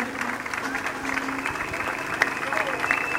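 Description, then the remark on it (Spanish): A crowd claps steadily and densely for a few seconds for a street musician, a bright, crackling wash of many hands at an even loudness, with some voices mingling under the applause. “Fuerte el aplauso para él, que me viene acompañando siempre.”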